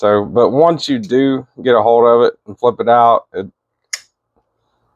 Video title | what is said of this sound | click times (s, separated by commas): Berg Blades Iron Pup - Overview/Review | you know you can kind of hear it lock in pretty pretty good there | 3.9 s